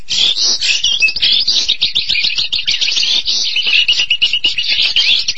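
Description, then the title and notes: Starling song: fast, ceaseless twittering of high whistles and scratchy chirps. "suara burung jalak"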